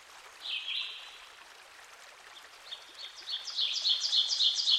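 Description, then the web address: Ovenbird song, a crescendo of rhythmic repeated two-part notes growing steadily louder, preceded by a brief slurred phrase, with flowing water throughout. Recorded by a stream. "Dan Gibson Songbirds By The Stream. Ovenbird"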